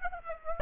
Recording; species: mosquito wingbeat signal from an infrared sensor; Aedes aegypti